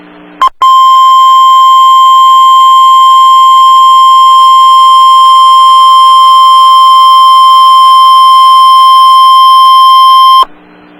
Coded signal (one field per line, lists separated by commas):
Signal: Emergency Alert System (SAME) tones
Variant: 1050 Hz attention tone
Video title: Tornado Warning (EAS #623)